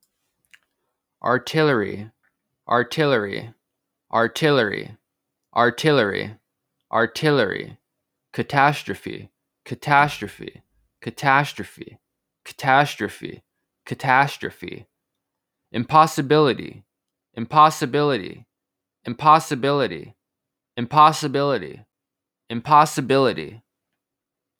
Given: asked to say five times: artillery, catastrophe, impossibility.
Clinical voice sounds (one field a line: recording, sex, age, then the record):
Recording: three words, each repeated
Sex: male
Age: 20 to 29 years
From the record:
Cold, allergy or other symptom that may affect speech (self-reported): no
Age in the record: 29 years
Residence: Washington, United States